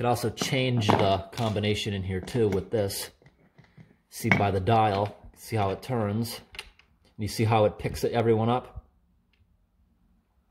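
Someone talks while the dial of an antique safe's combination lock is turned, moving the combination lock wheel pack in the safe door as the drive pin picks up the wheels, with a few faint ticks in the pauses between speech. Nothing has clicked or seated yet; the clip ends just before the third wheel is picked up with its small click.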